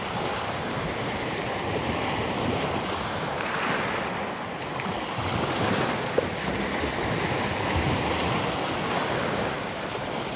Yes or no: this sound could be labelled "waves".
yes